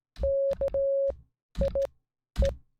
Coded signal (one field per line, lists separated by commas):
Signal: Morse code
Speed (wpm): 17 wpm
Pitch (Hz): 550 Hz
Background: none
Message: KIE